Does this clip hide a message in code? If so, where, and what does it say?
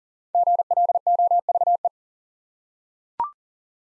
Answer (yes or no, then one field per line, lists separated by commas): yes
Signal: Morse code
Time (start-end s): 0.3-1.9 s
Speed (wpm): 40 wpm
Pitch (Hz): 700 Hz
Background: none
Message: GLOVE